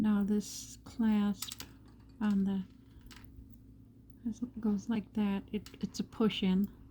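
Someone talks while handling the push-in clasp on a vintage rhinestone necklace, with faint small handling sounds around 3.1 and 3.5 seconds. The clasp has not clicked shut yet; nothing has seated by the end of the clip.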